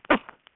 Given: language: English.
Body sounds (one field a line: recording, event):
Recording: throat vibration sensor signal played as sound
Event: cough